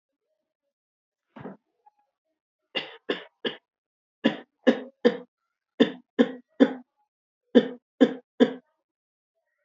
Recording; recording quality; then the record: shallow voluntary cough; poor, much background noise or distortion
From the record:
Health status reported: healthy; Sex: male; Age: 28 years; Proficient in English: yes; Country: India